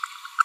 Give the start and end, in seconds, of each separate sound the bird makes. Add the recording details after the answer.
0.39-0.42. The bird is a female. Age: 30 days. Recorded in a nest box in Venezuela. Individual 17B42A4